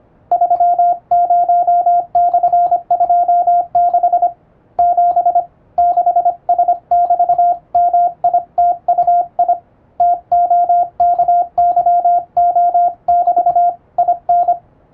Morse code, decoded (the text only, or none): 30/26 7 6S<BT>MITUI TOKYO<BT> IN